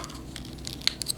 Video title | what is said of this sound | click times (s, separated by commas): Transformers Legacy Evolution Bludgeon | you probably heard it pop there | 0.9 s